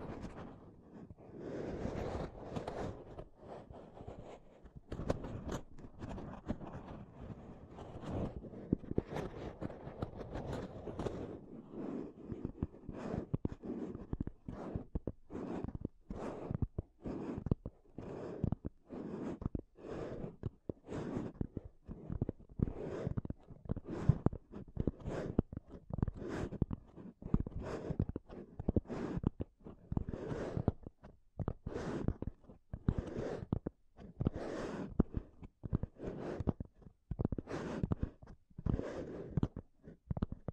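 Intense mic tapping and scratching: sharp, bright taps repeat roughly every second over a dense, rustling scratch, busier during the first twelve seconds.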